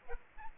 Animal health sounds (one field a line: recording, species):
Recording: mosquito wingbeat signal from an infrared sensor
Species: Aedes aegypti